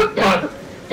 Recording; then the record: coughing mixed with background sound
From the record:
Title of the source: Barking cough - # 10